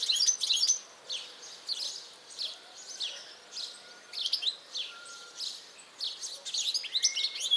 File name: Carduelis carduelis